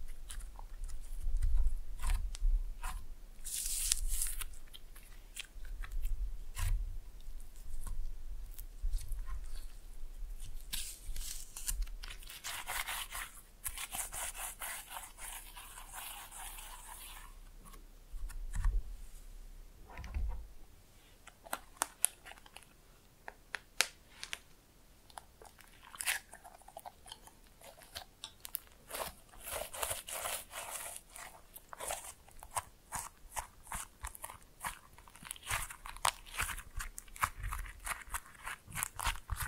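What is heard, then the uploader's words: Slime is squished and stretched in dense, wet crackling bursts for twenty seconds, then sharper sticky pops and clicks come in uneven flurries. ASMR Fun with Slime No Talking.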